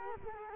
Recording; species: mosquito wingbeat signal from an infrared sensor; Culex quinquefasciatus